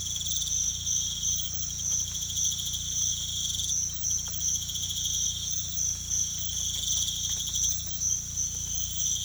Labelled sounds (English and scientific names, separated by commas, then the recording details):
none
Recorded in pastures near Puerto Asís, Putumayo, Colombia, on 18 December 2024 at 04:30
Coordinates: 0.472, -76.331
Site GP02